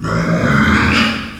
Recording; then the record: squeal of a Yucatan mini pig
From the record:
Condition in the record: after surgery on the right vocal fold (resection and tissue-engineered implant); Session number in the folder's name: 12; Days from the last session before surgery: 105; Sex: female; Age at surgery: 19 weeks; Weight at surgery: 25 kg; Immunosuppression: prednisolone